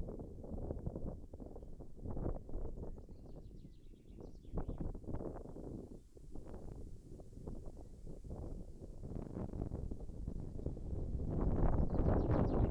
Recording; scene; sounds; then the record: everyday scene through a hearing-aid microphone; wind on the microphone; wind, birds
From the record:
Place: in front of a rural house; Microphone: behind the ear, left, front